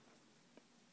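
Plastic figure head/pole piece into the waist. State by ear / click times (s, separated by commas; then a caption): not seated / none. The head-and-pole piece of a plastic candy-toy figure is handled as it is plugged into the figure's waist joint, with a quiet, steady background and one brief soft handling sound around 0.6 seconds. Nothing has seated or clicked yet; the clip ends just before the part locks into place.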